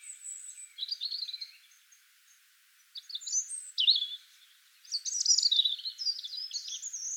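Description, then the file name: European robin song: three high, sweet warbling phrases separated by short pauses, with quick slurred notes and trills. "Erithacus rubecula"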